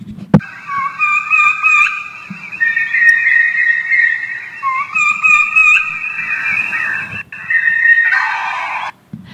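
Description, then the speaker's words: Wild turkey giving a series of high, clear whistled notes in several phrases. Wild turkey kee-kee run, an assembly call heard in fall, such as during hunting season, when a scattered flock regroups. "That's the sound they make to bring everybody back together."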